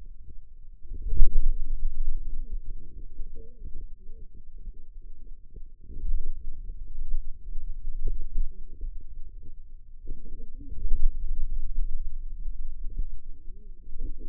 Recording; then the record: forearm muscle sounds (acoustic myography)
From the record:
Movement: finger pinch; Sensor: system 2, bracelet of six BSWA MPA416 microphones around the upper forearm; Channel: 6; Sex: female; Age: 21 years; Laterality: right